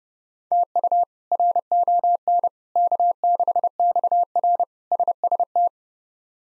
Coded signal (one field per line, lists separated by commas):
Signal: Morse code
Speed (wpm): 32 wpm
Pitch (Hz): 700 Hz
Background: none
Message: TU RON K6XR SST